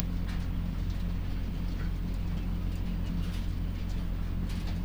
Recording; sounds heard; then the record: poultry house recording; sick chickens (respiratory disease)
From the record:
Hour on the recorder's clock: 22